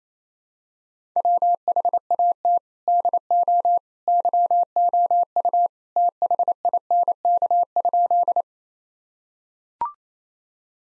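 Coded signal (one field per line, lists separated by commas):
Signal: Morse code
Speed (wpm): 28 wpm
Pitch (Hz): 700 Hz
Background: none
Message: WHAT DO YOU THINK?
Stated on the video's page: Morse practice of sentences with common three-word phrases at 28 wpm, each sentence sent, spoken, then sent again.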